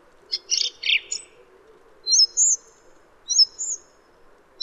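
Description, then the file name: Song thrush song: a scratchy burst of notes followed by two pairs of thin, high whistled notes, set against a faint low hum. "suara kicauan burung song thrush. omkicau"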